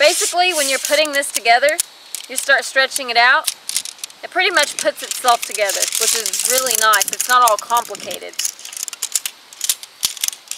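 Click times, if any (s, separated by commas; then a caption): 9.2 s, 9.3 s, 9.7 s, 10.1 s, 10.2 s, 10.3 s. Someone talks while stretching out the shock-corded pole of a Featherstone UL Granite 2-person tent so the segments pull into each other's ferrules. Sharp snapping clicks are heard at 9.2, 9.3, 9.7, 10.1, 10.2 and 10.3 seconds as each pole segment seats into the next section's ferrule.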